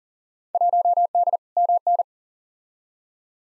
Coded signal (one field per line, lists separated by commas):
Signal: Morse code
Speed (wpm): 39 wpm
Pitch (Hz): 700 Hz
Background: none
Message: 1D MN